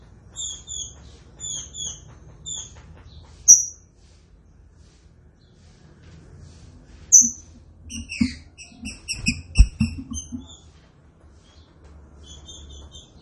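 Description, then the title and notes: Green-winged saltator song: short paired whistles, two strong slurred notes, then a fast ringing series of clipped notes over faint low thumps. Training recording of the classic song style (canto clássico). "Canto Clássico Trinca Ferro TREINAMENTO. trinca fero"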